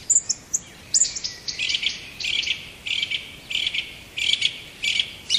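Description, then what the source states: Song thrush song: several short, scratchy phrases in quick succession, opening with some high thin notes. Recorded at Bory in 2020.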